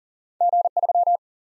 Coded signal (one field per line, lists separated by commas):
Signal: Morse code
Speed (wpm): 40 wpm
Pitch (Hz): 700 Hz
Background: none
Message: G3